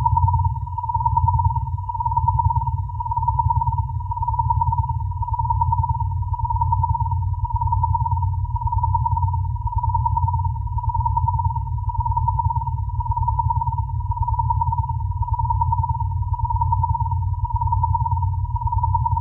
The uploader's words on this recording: Binaural & pluraural beats made with recorded directly from the output of DIN is Noise at sandokan bay in berlin.eu.